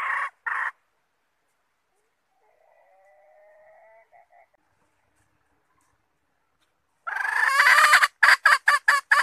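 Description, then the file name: Red junglefowl hen: two short clucks, a long quiet gap with a faint thin call, then a loud harsh drawn note and rapid clucks. Female (hen) red junglefowl calling to find a mate. "tieng ga rung mai keu tim kiem ban tinh"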